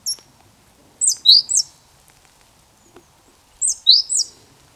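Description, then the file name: Great tit giving two sets of shrill, high, descending notes, three notes per set, about two and a half seconds apart in a quiet setting. "Parus major"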